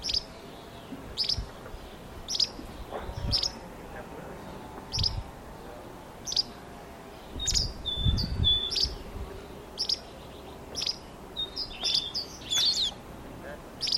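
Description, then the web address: Bird chirping steadily about every second, with thin whistled notes in the second half and a few soft low thumps. "Bird Only"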